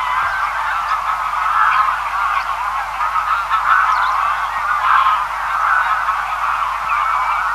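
Greylag goose flock clamouring, countless honks merging into one continuous nasal din with small rises and dips in loudness.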